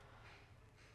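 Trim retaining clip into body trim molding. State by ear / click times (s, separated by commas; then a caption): not seated / none. A deluxe trim retaining clip is being handled and pressed onto a Cheyenne body trim molding piece on the bench for a 1972 Chevy 4x4 truck, some clips being more stubborn than others. Only a steady, breathy rustle is heard, with no sharp hits. Nothing has seated or clicked yet.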